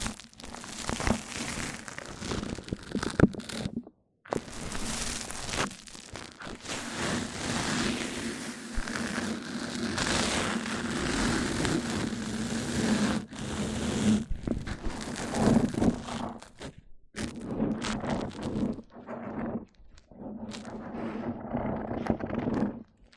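Mic-on-mic triggers: dense, crackly rubbing and scratching over a steady low hum, broken by brief silences near four, seventeen and twenty seconds.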